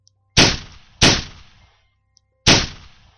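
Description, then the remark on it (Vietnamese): A soldier fires a warning shot into the air: three loud gunshots ring out, the first two about half a second apart and the third after a longer pause, each a sharp crack with a decaying echo. “Ngay sau phát bắn chỉ thiên là một tiếng súng nổ rầm trời đã vang lên.”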